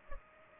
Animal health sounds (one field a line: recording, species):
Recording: mosquito wingbeat signal from an infrared sensor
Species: Culex pipiens